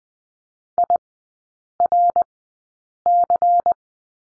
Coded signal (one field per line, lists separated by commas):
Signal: Morse code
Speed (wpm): 20 wpm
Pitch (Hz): 700 Hz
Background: none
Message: IRC